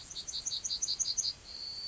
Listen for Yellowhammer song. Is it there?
yes